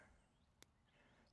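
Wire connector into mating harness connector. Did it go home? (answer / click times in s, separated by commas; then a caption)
yes / 0.6 s. The black wire bullet connectors of an ATV's LED light bar wiring harness are pushed together into the mating harness connector, giving a single short, sharp click at 0.6 s over quiet background noise. The connector is seated, and the seal sleeves are then slid over the connection.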